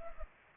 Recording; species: mosquito wingbeat signal from an infrared sensor; Culex pipiens